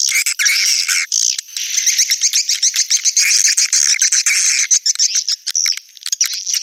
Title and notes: Swiflet Bird Sound. Farming Swiflet Bird asia sound